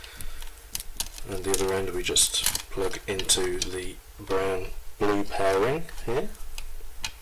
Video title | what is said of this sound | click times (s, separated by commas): Assembly Instructions for Okapi 1 System Kits | should just click right in place there we go nice and easy | 7.0 s